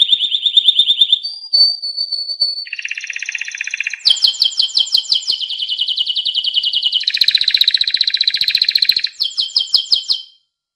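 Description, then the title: Atlantic canary song, a fast run of varied trills and rolling tours shifting pitch every second or two, with sharp chirps and a bright buzzy rattle near the end. Champion canary, first place in a singing competition, described as 'gacor', singing constantly and vigorously. "Suara Kenari Gacor Suara Kicau Burung Kenari Gacor Juara 1 Tingkat N"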